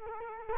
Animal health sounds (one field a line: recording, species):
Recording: mosquito wingbeat signal from an infrared sensor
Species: Culex quinquefasciatus